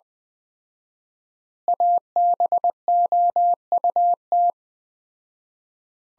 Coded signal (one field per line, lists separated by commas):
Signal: Morse code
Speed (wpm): 21 wpm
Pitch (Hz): 700 Hz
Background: none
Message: ABOUT